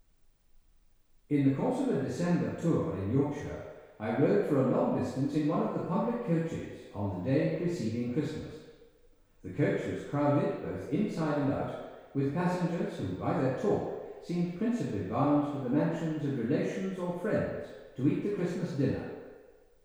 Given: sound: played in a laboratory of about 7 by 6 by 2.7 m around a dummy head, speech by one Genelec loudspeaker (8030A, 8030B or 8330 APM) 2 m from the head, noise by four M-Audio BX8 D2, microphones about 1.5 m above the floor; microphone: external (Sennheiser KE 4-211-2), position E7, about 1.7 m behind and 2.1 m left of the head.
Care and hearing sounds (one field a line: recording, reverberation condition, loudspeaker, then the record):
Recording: male speech in English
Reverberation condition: high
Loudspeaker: 120 degrees to the left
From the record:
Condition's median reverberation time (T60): about 1300 ms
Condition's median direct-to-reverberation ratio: about -4.0 dB